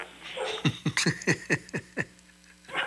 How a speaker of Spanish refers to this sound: Perros.